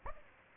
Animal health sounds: mosquito wingbeat signal from an infrared sensor; Aedes aegypti

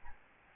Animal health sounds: mosquito wingbeat signal from an infrared sensor; Aedes albopictus

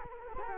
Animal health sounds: mosquito wingbeat signal from an infrared sensor; Culex quinquefasciatus

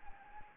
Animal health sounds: mosquito wingbeat signal from an infrared sensor; Anopheles gambiae

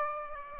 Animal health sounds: mosquito wingbeat signal from an infrared sensor; Aedes aegypti

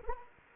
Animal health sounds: mosquito wingbeat signal from an infrared sensor; Anopheles arabiensis

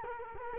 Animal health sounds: mosquito wingbeat signal from an infrared sensor; Culex quinquefasciatus

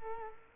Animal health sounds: mosquito wingbeat signal from an infrared sensor; Culex quinquefasciatus

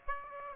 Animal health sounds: mosquito wingbeat signal from an infrared sensor; Aedes aegypti

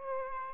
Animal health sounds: mosquito wingbeat signal from an infrared sensor; Aedes aegypti

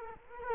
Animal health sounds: mosquito wingbeat signal from an infrared sensor; Culex quinquefasciatus

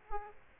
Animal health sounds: mosquito wingbeat signal from an infrared sensor; Aedes aegypti

